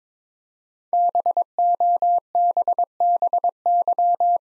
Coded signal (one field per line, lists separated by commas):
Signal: Morse code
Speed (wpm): 22 wpm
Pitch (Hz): 700 Hz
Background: none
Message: BOBBY